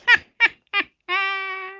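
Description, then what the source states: Eurasian jay calls: three abrupt harsh notes, then a sustained mewing note rich in harmonics. Recorded 28 February 2019.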